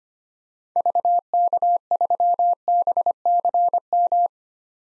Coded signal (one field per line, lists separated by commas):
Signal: Morse code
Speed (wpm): 25 wpm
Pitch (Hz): 700 Hz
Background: none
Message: VK3BCM